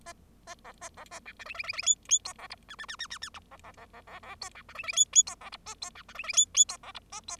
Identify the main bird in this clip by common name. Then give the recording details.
Bengalese Finch. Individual Bird0